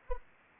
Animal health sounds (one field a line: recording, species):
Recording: mosquito wingbeat signal from an infrared sensor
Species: Anopheles arabiensis